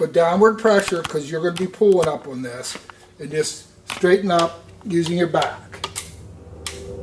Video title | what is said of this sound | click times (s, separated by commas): Crossbow Reviews - Horton Storm, 10 Point Turbo, Bowtech Striker, Excalibur, Parker Thunder Hawk | now when you hear that click your bug goes on safety that means it's safely cocked | 6.7 s